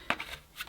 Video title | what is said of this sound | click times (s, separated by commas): Miele Guard L1 Comfort Vacuum Cleaner First Look & Review | this part so it locks in place | 0.1 s